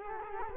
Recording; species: mosquito wingbeat signal from an infrared sensor; Culex quinquefasciatus